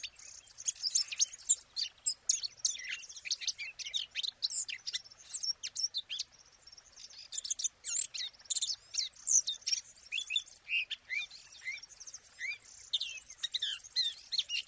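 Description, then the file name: Eurasian blackcap song: a long, busy warble of high twittering and buzzy notes, continuous throughout with only tiny gaps. "Sylvia atricapilla"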